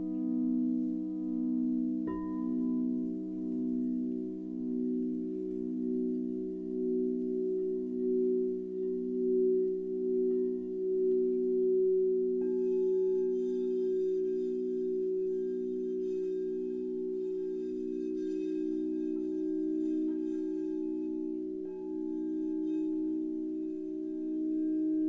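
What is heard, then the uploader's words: Singing bowls ring in a steady, pulsing low drone, with fresh strikes near two and twelve seconds adding brighter shimmering overtones throughout. This is a simple recording I made playing my singing bowls, looped to create 90 minutes of sound for you.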